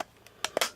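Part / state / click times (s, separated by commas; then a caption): plastic body panel into a toy robot's shell / not seated / none. The plastic body panel of a vintage radio-controlled R2-D2 toy is being refitted into the robot's shell, with its front tab guided in as the panel is handled. A faint tap sounds near 0.3 s, then sharp plastic clicks come at about 0.4 s, 0.6 s and 0.6 s. The panel has not seated or snapped home yet.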